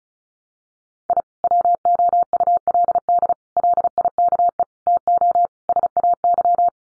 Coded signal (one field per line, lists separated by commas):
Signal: Morse code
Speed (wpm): 34 wpm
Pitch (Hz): 700 Hz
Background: none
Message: I WOULD LIKE TO SAY